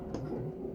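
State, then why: Not seated. A small display cable connector is handled against its socket on the logic board of a 2012 27-inch iMac during screen installation, right after a near miss. There is a brief faint tick at 0.1 s over a low, steady handling rumble. The connector has not clicked or seated yet.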